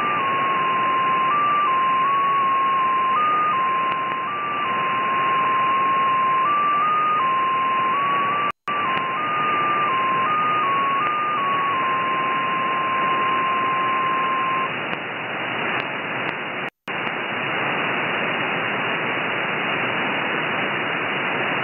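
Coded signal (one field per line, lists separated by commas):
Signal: JT65, JT9 or WSPR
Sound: a single steady tone stepping slightly up and down in pitch, over radio hiss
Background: radio static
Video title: 10 meter band opening jt65 digital mode june 9th 2017 2145 UT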